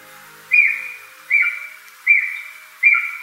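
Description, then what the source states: Japanese green woodpecker calling, clear whistled notes that slur slightly downward, four in a row, repeated steadily about every 0.8 seconds. Mount Takao, Tokyo, Japan.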